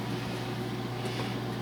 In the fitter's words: they're supposed to snap into place but it's not snapping into place